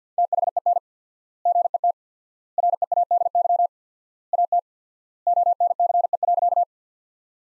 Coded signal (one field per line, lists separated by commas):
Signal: Morse code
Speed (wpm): 50 wpm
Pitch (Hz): 700 Hz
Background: none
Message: THEN GET READY AT ONCE.